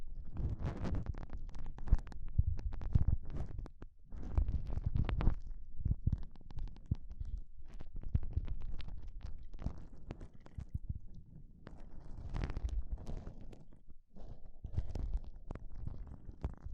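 Gloves being handled, with dense rubbing, crinkling and scraping that continues almost without pause. Low, muffled bursts of friction alternate with sharper clicks and snaps scattered throughout, and brief near-silent gaps fall around four, nine and fourteen seconds.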